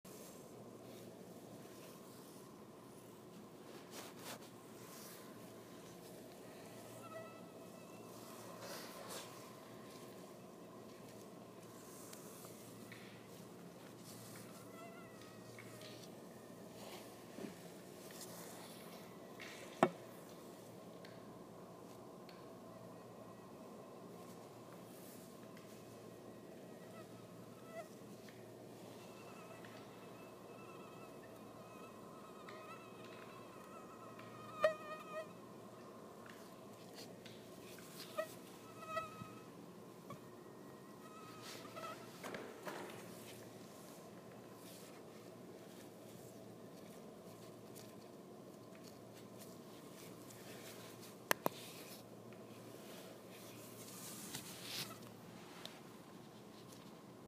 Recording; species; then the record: mosquito flight sound by mobile phone; Anopheles freeborni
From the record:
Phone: iPhone 6